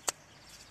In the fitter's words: nakładamy i dociskamy aż będzie kliknięcie kliknęło